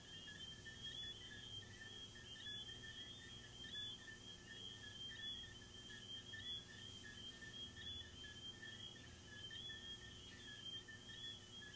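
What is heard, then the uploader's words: Crickets chirp steadily in a garden, a dense, even trilling pitched high and bright that never pauses across the twelve seconds. Beneath it runs a soft, constant low rumble, like traffic, with a faint hiss on top. These are relaxing asmr crickets from my garden.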